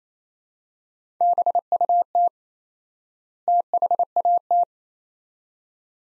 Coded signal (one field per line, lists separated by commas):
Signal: Morse code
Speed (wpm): 28 wpm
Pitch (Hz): 700 Hz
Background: none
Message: BUT THAT